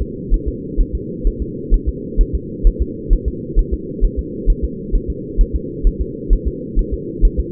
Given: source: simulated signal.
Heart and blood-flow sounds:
fetal heart sounds
0.02 s: S2
0.34 s: S1
0.48 s: S2
0.81 s: S1
0.95 s: S2
1.27 s: S1
1.42 s: S2
1.74 s: S1
1.89 s: S2
2.21 s: S1
2.35 s: S2
2.67 s: S1
2.82 s: S2
3.13 s: S1
3.28 s: S2
3.59 s: S1
3.73 s: S2
4.04 s: S1
4.19 s: S2
4.50 s: S1
4.64 s: S2
4.95 s: S1
5.10 s: S2
5.41 s: S1
5.56 s: S2
5.87 s: S1
6.01 s: S2
6.33 s: S1
6.47 s: S2
6.79 s: S1
6.94 s: S2
7.25 s: S1
7.40 s: S2
From the record:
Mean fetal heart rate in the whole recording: 130 bpm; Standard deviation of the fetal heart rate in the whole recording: 2 bpm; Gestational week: 38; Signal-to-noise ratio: -4.1 dB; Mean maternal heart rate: no maternal heart sound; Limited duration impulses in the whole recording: absent

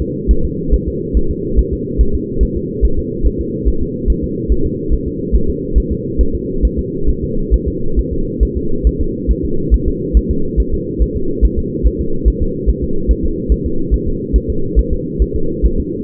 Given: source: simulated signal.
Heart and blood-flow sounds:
fetal heart sounds
0.02 s: S2
0.31 s: S1
0.45 s: S2
0.74 s: S1
0.88 s: S2
1.17 s: S1
1.31 s: S2
1.59 s: S1
1.73 s: S2
2.01 s: S1
2.15 s: S2
2.43 s: S1
2.57 s: S2
2.85 s: S1
2.99 s: S2
3.26 s: S1
3.41 s: S2
3.68 s: S1
3.82 s: S2
4.10 s: S1
4.24 s: S2
4.52 s: S1
4.66 s: S2
4.93 s: S1
5.08 s: S2
5.35 s: S1
5.50 s: S2
5.78 s: S1
5.92 s: S2
6.21 s: S1
6.35 s: S2
6.65 s: S1
6.79 s: S2
7.09 s: S1
7.24 s: S2
7.54 s: S1
7.68 s: S2
7.99 s: S1
8.13 s: S2
8.43 s: S1
8.57 s: S2
8.87 s: S1
9.01 s: S2
9.31 s: S1
9.45 s: S2
9.74 s: S1
9.88 s: S2
10.17 s: S1
10.31 s: S2
10.60 s: S1
10.74 s: S2
11.02 s: S1
11.17 s: S2
11.45 s: S1
11.59 s: S2
11.87 s: S1
12.01 s: S2
12.28 s: S1
12.42 s: S2
12.69 s: S1
12.84 s: S2
13.11 s: S1
13.25 s: S2
13.52 s: S1
13.66 s: S2
13.94 s: S1
14.08 s: S2
14.36 s: S1
14.50 s: S2
14.79 s: S1
14.93 s: S2
15.22 s: S1
15.36 s: S2
15.65 s: S1
15.80 s: S2
From the record:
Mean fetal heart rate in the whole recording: 140 bpm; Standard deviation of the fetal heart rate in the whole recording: 2 bpm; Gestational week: 34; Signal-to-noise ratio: -8.1 dB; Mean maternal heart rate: 72 bpm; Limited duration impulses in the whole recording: absent

